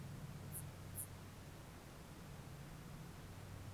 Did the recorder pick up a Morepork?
no